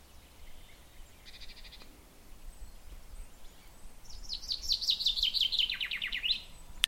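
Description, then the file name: Common chaffinch song: a rapid high trill of repeated notes that steps down in pitch, after an earlier short buzzy burst; steady low background rumble. "Fringilla coelebs"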